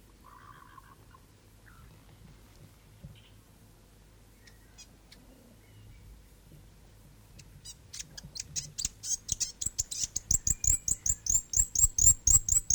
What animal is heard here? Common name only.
New Zealand Fantail